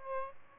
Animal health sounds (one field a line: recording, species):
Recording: mosquito wingbeat signal from an infrared sensor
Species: Aedes albopictus